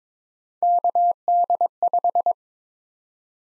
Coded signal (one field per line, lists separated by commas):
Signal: Morse code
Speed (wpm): 22 wpm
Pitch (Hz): 700 Hz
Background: none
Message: KD5